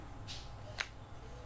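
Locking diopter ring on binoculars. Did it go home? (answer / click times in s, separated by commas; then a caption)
yes / 0.8 s. The locking diopter ring on a pair of Bushnell Forge 10x42 binoculars is pushed back in after the diopter is adjusted. It gives one short, sharp click at 0.8 s that locks the diopter setting. A brief soft rustle comes just before it, over a low steady hum.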